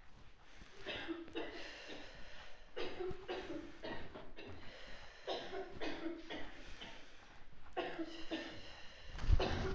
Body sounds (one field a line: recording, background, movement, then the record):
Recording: deep breathing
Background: a bystander coughing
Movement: walking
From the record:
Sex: female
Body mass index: 36.4 kg/m2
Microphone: on the chest, facing the body